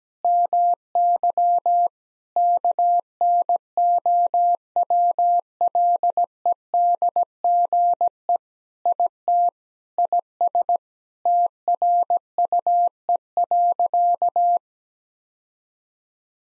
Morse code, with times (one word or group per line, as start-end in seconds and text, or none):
0.2-1.9 MY
2.4-8.4 KNOWLEDGE
8.9-9.5 IT
10.0-10.8 IS
11.3-14.6 TRUE.